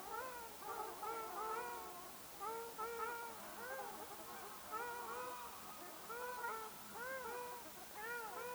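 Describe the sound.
Ruddy shelduck nasal honking, arched harmonic notes repeated in overlapping runs from several birds, fairly steady throughout.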